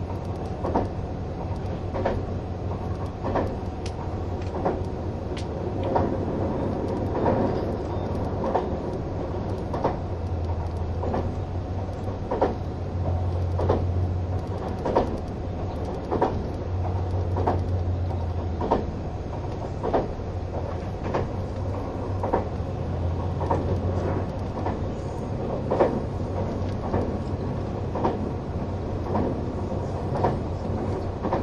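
Inside a green train car, a steady low engine drone and motor hum run through the whole stretch, with the hum rising in pitch at times. Regular clicks and knocks from the rails repeat about every second over a quiet, constant rumble.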